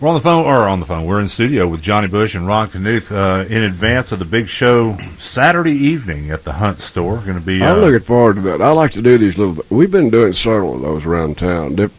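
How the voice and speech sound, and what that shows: A man speaks fluently in a studio, with a steady low-pitched voice and clear articulation: ordinary speech.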